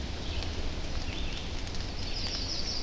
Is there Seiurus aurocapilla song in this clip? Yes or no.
no